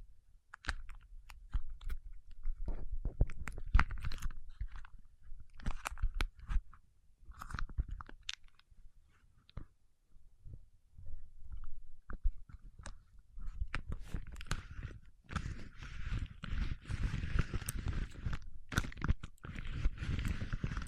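Paraffin wax is peeled, tapped and scratched in a run of crackly, crunchy bursts with short sharp clicks. The sounds come in uneven clusters with a brief lull near ten seconds, then grow denser and rougher from about fifteen seconds on.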